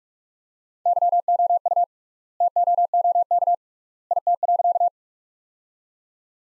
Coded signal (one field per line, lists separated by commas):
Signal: Morse code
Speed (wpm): 42 wpm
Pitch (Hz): 700 Hz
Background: none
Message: YOU TOOK IT.